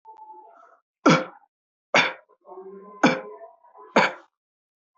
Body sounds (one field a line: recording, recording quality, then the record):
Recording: heavy voluntary cough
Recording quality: excellent, no background noise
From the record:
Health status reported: respiratory illness, not identified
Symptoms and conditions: asthma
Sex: male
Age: 21 years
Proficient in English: yes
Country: India